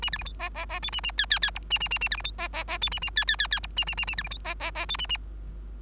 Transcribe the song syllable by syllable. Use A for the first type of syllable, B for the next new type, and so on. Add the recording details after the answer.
A B C D E E E F A A G G G H A A A A B C D E E E F A A G G G G H A A A A B C D E E E F A A. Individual Bird3